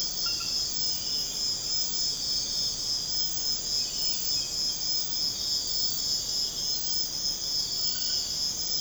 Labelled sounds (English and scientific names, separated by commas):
none